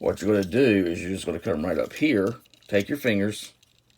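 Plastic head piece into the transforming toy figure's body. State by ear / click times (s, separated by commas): not seated / none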